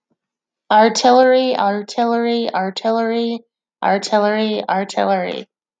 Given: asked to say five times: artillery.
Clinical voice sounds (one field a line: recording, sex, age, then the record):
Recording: repeated word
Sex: female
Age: 40 to 49 years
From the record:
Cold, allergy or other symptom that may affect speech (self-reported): no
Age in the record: 40 years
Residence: North Carolina, United States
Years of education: 14